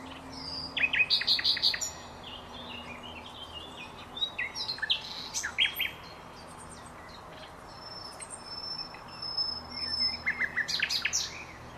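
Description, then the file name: Common nightingale singing varied phrases: quick repeated chirps, whistled slides and a thin high whistle, separated by short pauses, over a soft background hiss. "Luscinia megarhynchos"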